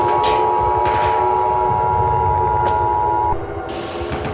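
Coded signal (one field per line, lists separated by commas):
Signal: Emergency Alert System (SAME) tones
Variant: 853 and 960 Hz attention tone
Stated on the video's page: Fictional EAS scenario about a dinosaur resurrection.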